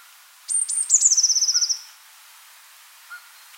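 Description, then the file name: Eurasian blue tit calling: a couple of very high, thin descending notes run into a quick buzzy trill that slides slightly lower, lasting just over a second. "Cyanistes caeruleus"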